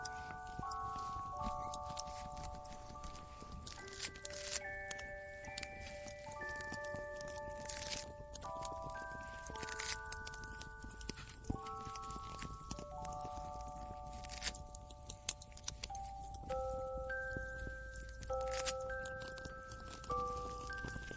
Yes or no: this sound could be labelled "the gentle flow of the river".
no